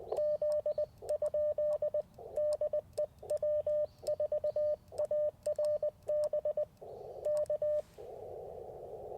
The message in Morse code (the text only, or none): Z? DE W4ARB K